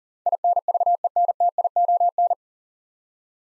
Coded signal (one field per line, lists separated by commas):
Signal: Morse code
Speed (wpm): 40 wpm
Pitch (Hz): 700 Hz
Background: none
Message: INVENTION